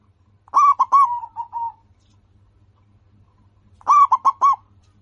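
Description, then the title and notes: Zebra dove song with two phrases of quick cooing notes; the first trails into softer, fading coos, and the second follows about three seconds later. Local-strain zebra dove singing actively and often, described as having a loud, clear, crystal-like voice. "PERKUTUT LOKAL GACOR Suara KRISTAL LANTANG. Kicau Burung Perkutut"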